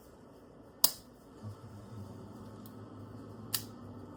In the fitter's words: two clicks, then you're done.